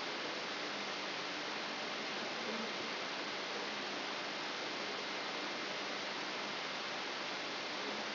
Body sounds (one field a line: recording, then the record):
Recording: brain microelectrode recording played as sound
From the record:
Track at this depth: inside the subthalamic nucleus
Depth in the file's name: 4.302 mm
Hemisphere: left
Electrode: 3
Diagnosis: Parkinson's disease